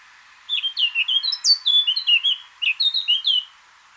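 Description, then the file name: Eurasian blackcap warbling: a fast, melodious phrase of about a dozen fluting notes with one higher whistled peak in the middle, then a brief pause and more notes. "Sylvia atricapilla"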